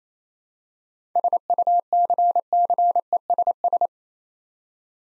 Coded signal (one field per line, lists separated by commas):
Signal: Morse code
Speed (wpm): 27 wpm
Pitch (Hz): 700 Hz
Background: none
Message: SUCCESS